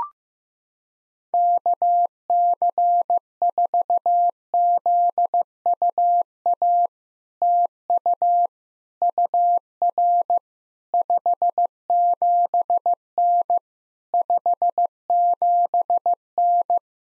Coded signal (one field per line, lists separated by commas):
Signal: Morse code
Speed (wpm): 16 wpm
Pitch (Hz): 700 Hz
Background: none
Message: KC4ZUA TU UR 57N 57N